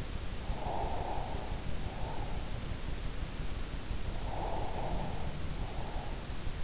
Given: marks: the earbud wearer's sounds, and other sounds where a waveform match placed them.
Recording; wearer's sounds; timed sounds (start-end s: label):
sounds in sleep by an in-ear microphone; breath
0.56-2.36 s: breath
4.31-6.06 s: breath